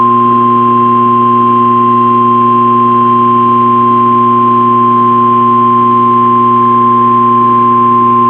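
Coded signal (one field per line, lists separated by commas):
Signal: Emergency Alert System (SAME) tones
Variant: 1050 Hz attention tone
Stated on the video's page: Required weekly test on a NOAA Weather Radio station.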